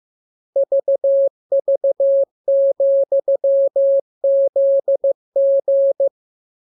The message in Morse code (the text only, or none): VV,ZG